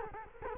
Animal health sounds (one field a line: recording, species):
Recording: mosquito wingbeat signal from an infrared sensor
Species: Culex quinquefasciatus